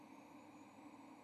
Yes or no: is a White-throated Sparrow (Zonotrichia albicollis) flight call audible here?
no